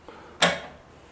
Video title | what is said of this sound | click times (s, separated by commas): Elektropick Test Kronos Multipick | ist aber eingerastet war jetzt ein bisschen zu weit | 0.4 s